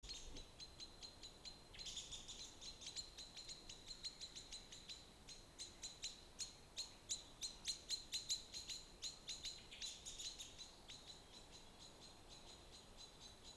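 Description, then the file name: Common blackbird calls, a long run of sharp high ticking notes over quiet background. "Turdus merula"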